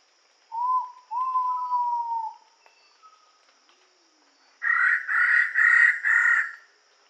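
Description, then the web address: Ivory-breasted pitta giving a whistled call: a short note then a long, slightly falling whistle, followed by a loud harsh series of four notes from another bird. Recorded in Indonesia. "ULM-DS-Lab indonesian-bird-sounds. Pitta maxima"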